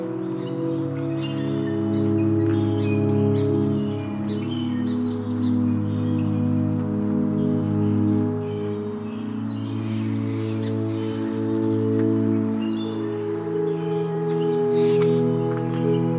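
Oaks Bottom along the Willamette River: a steady, low droning hum of layered tones holds at an even level throughout. Above it, small birds chirp and twitter almost constantly, with a sharp, bright call standing out near the fifteen-second mark.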